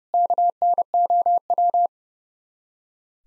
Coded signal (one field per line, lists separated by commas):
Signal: Morse code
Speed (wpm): 35 wpm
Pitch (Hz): 700 Hz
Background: none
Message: KNOW